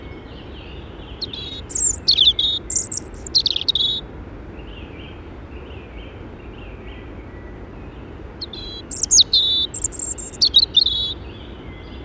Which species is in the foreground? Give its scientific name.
Erithacus rubecula